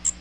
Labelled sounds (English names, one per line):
Magnolia Warbler flight call